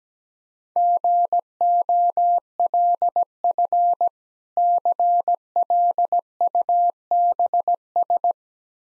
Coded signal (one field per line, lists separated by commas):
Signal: Morse code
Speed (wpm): 17 wpm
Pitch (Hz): 700 Hz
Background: none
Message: GOLF CLUBS